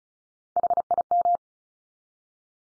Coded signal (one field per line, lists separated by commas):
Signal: Morse code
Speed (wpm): 34 wpm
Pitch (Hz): 700 Hz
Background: none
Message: HIM